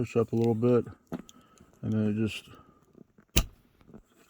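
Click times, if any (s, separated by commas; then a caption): 3.4 s. On a scale model heavy-haul truck, a trailer or coupling part is brought in underneath a small plastic hook and pushed up while someone talks. It snaps into place with one sharp, loud click at 3.4 s, followed by a few faint ticks, and the part is seated.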